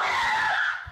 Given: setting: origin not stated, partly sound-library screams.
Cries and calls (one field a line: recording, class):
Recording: one-second piece from a danger detection set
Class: woman in danger